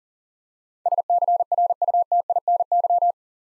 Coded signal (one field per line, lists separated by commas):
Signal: Morse code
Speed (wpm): 42 wpm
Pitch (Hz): 700 Hz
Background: none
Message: SCRUTINY